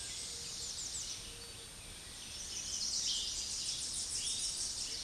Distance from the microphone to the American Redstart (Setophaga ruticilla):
about 70 m